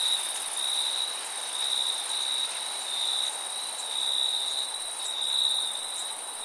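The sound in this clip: Steady high cricket trilling over a continuous higher insect buzz.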